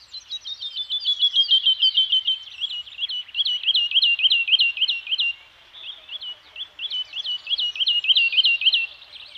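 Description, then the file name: Bird song: rapid bursts of high, sharp chirped notes, broken by short pauses. Scandinavian forest soundscape with birds singing. "Nature Soundscape - Scandinavian Forest Environment with Birds Singing"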